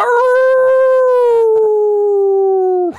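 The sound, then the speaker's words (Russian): A single loud, sustained wolf howl carries over a forest, holding a steady tone for about three seconds, its pitch sliding slowly downward before breaking off abruptly at the end. “Вой, что был раз в 10 громче и мощнее, пронесся над лесом.”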